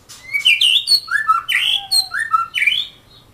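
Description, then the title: Oriental magpie-robin song, loud varied whistles sliding up and down with scratchy notes between, delivered in quick succession. "Kicau Kacer"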